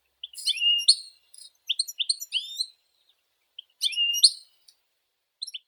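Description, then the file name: European goldfinch giving short bursts of high, slurred twittering notes with brief silent gaps between phrases. "Golosa ptic - CSHegol Carduelis carduelis"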